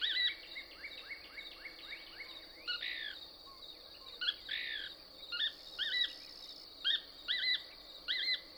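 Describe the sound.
Couch's Kingbird song: a rapid run of rising twittered notes, then a few buzzy strokes and chattering pairs, over a constant high drone.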